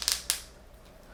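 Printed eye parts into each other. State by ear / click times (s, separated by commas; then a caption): seated / 0.3 s. 3D-printed plastic eye parts designed to snap-fit are pushed into each other, with a couple of small taps near the start. A sharp snap at 0.3 s marks the parts seating together, followed by quiet. The eye parts are snapped together and seated.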